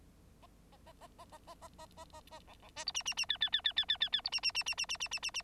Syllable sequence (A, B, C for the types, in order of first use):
A A A A A A A A A A A A B B C D E E E F F F F F F F F D E E E E E E E E E E